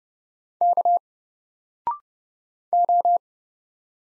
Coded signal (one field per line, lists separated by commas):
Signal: Morse code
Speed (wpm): 30 wpm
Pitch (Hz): 700 Hz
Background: none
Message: K O